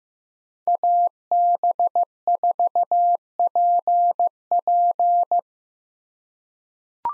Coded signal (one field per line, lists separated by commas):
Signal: Morse code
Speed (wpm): 15 wpm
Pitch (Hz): 700 Hz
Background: none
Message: AB4PP